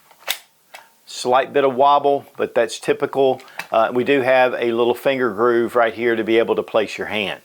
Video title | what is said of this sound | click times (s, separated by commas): TNW Aero Survival Rifle in 10mm Gun Review | and just very natural to pull that it locks into place really well | 0.3 s